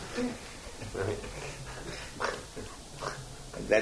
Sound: laughter

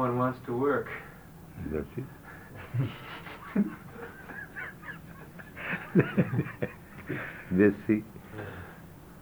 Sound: laughs

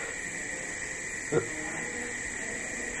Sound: laughs

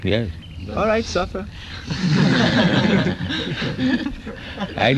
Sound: laughter

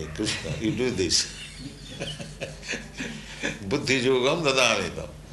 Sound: laughs

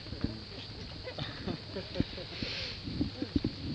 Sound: laughter

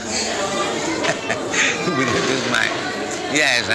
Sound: laughs

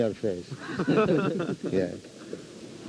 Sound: laughter

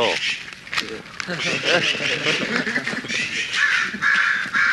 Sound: laughter

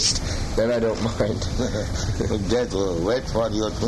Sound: laughs

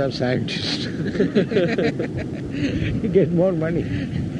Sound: laughter

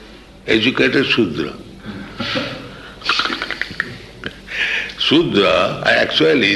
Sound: laughs

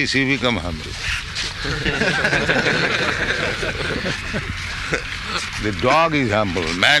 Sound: laughter

